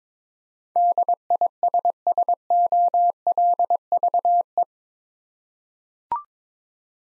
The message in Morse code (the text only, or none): DISSOLVE